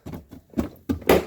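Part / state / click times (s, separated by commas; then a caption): plastic refrigerator component into its housing / seated / 0.9 s, 1.1 s. A plastic refrigerator component is pressed into its housing, with a few soft knocks and handling taps first. It snaps into its mount with a sharp click at 0.9 s and a louder click at 1.1 s, and the part is seated.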